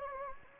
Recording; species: mosquito wingbeat signal from an infrared sensor; Anopheles gambiae